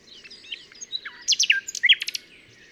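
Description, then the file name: Common nightingale song: an irregular phrase of short whistles, sharp slurred notes and clicks, softer at start and end, over a low hum. "Luscinia megarhynchos"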